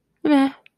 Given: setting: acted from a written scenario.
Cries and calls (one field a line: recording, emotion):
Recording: vocal sound without words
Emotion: neutral